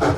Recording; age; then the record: pig call; growing-finishing pig (85 days or more)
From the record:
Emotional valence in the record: positive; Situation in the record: run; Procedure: transit